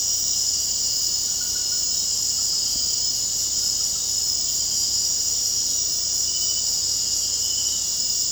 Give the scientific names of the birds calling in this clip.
none